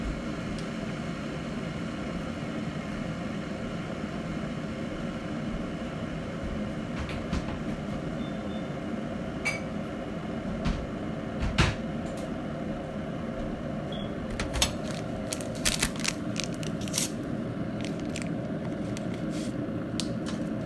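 A microwave heats a cheeseburger with a steady, low, even hum that stays unchanged for the whole stretch. Sharp clicks and taps land around 9 and 12 seconds, then a quick cluster of brighter knocks and rattles follows from about 14 to 17 seconds.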